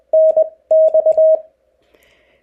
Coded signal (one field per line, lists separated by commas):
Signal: Morse code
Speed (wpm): 20 wpm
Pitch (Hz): 630 Hz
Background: none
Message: NX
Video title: Activating POTA - how to get started